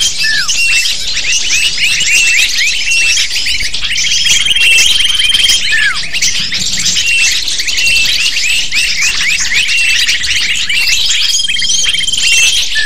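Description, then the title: Lovebirds in a noisy flock, constant high squeaky twitters with a few long, level whistled tones standing out. Used as a lure to attract lovebirds. "PIKAT BURUNG LOVEBIRD"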